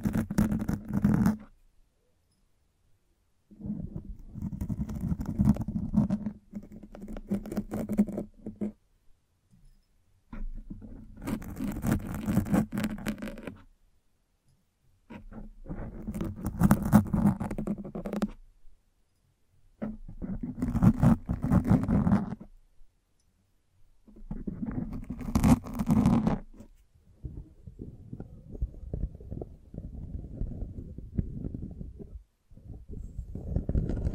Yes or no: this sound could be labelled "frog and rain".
no